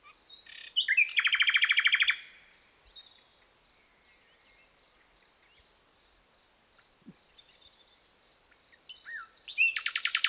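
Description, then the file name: Common nightingale delivering a loud rattling trill of rapidly repeated notes, a long pause with a faint steady high tone, then another trill. "Luscinia megarhynchos"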